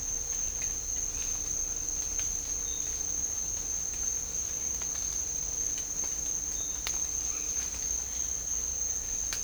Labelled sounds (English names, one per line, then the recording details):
none
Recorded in dense forest near Puerto Asís, Putumayo, Colombia, on 20 December 2024 at 07:00
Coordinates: 0.499, -76.324
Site G045